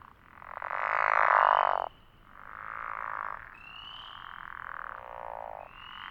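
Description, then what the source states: Pickerel frog croaks: a loud drawn-out snore at the start, then softer successive snores, with brief thin high chirps above them. Several pickerel frogs recorded at Elliott Mountain in 2006.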